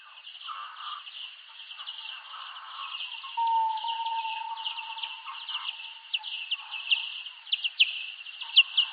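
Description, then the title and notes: Bat calls heard as rapid, irregular ticking pulses in a narrow band, with sharper, louder pulses toward the end and a steady tone midway. "Roger Bats. Capturing Wildlife Sound: A Useful Guide"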